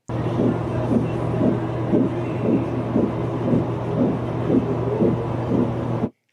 Our baby has a really strong, healthy heartbeat.